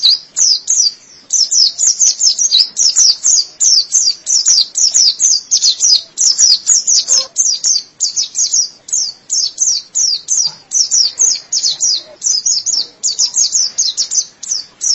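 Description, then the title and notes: White-eye song: a fast, almost continuous stream of high, sweet chirps and twitters throughout, barely pausing. "Kicauan Burung Pleci Durasi Panjang. Suara kicauan burung pleci"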